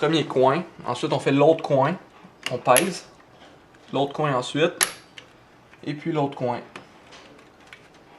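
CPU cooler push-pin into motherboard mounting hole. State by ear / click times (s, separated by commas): not seated / none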